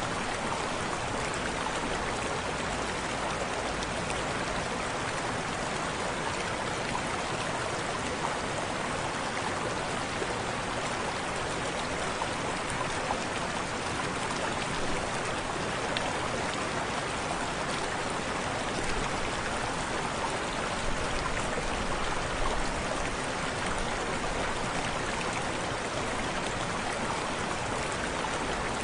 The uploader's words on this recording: Soothing Small Natural Waterfall.